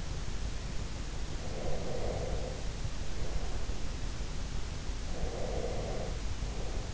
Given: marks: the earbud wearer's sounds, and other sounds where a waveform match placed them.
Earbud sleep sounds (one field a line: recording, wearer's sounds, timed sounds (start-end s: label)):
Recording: sounds in sleep by an in-ear microphone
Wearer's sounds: breath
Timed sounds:
1.45-3.69 s: breath
5.09-6.94 s: breath